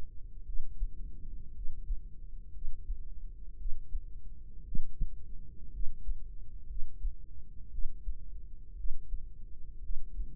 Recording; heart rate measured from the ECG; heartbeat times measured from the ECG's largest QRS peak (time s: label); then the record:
heart sounds by microphone in the right ear; 58 bpm
0.43 s: heartbeat
1.52 s: heartbeat
2.51 s: heartbeat
3.55 s: heartbeat
4.62 s: heartbeat
5.70 s: heartbeat
6.65 s: heartbeat
7.69 s: heartbeat
8.74 s: heartbeat
9.79 s: heartbeat
From the record:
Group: healthy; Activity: rest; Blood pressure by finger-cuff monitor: 106/72 mmHg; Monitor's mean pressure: 84 mmHg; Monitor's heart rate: 57 bpm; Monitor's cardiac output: 4.8 L/min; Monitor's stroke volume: 83 mL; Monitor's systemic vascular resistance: 1330 dyn s/cm5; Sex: female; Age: 23 years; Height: 160 cm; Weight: 50.4 kg